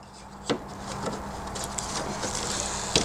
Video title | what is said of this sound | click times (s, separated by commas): 2020 TACOMA TRD OFFROAD STYLE GRILLE WITH RAPTOR LED LIGHTS? HOW TO INSTALL ON A 2016+ Toyota Tacoma | give it a firm push make sure they snap into place once | 3.0 s